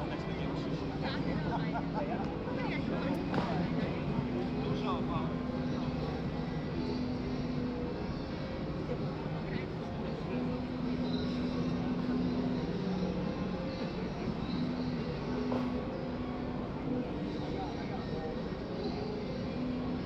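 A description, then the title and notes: Washington Square Park hums with steady crowd chatter over a low traffic drone, with sustained mid-pitched tones drifting in and out throughout. Washington Square Park. Many sounds, this is the mecca of noise!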